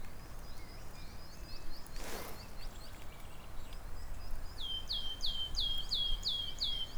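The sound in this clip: Caspian tit song: a run of six loud downslurred whistled notes near the end, after faint high chirps and a brief noise burst.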